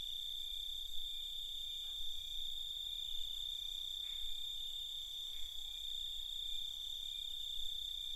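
Cicadas hold an unbroken shrill hum throughout, with a few faint soft clicks and a low rumble underneath.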